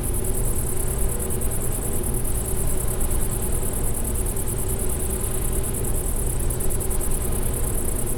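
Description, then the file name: Bush-cricket giving an unbroken shrill, finely pulsed song throughout, accompanied by a loud continuous low-frequency hum. Recorded near a wind energy plant at Klein Leine, 20 August 2016, 22:24 h. "wind-energy-plant gbushcrick"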